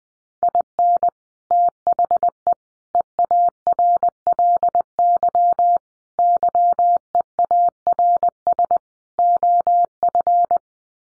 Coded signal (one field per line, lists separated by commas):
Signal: Morse code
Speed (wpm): 20 wpm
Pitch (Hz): 700 Hz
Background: none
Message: IN THE EARLY YEARS OF